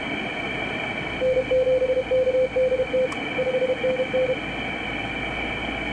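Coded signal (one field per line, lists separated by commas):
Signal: Morse code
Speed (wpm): 30 wpm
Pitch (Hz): 510 Hz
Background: radio noise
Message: N7KDT 5NN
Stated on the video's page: CW contact with an American Samoa station on the 12 m band.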